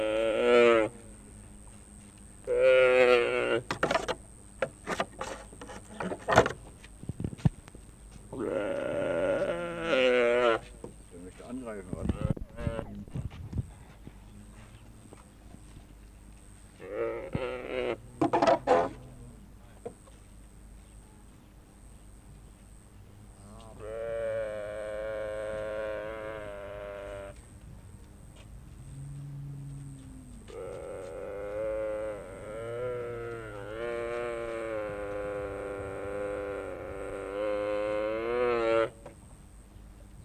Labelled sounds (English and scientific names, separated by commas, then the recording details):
Mule Deer (Odocoileus hemionus) call
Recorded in captivity
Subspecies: hemionus
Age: diverse
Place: Tierpark Berlin, Berlin, DE
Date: 1964-11-08 10:00
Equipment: R 21, Sennheiser MD 421, Vollspur
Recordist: Tembrock, Günter